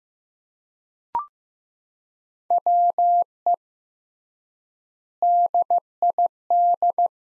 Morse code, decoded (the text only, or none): WE DID